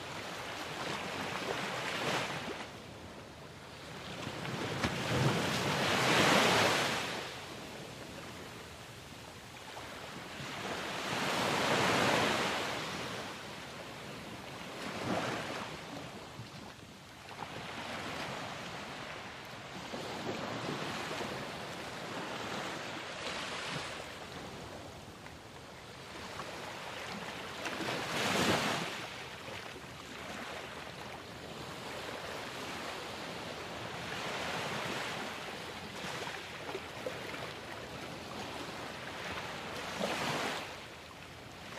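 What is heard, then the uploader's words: Ocean waves wash in with a steady, full hiss, swelling into louder breaking surges around 6, 12 and 28 seconds before easing back. Between the crests the surf keeps a soft, continuous rush, with a faint low rumble underneath and no other sounds. In this episode, you will hear calming ocean waves.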